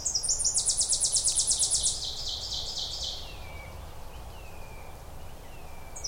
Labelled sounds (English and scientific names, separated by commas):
Ovenbird (Seiurus aurocapilla) song